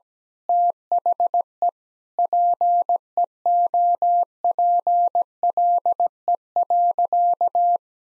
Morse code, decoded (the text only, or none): THE PEOPLE.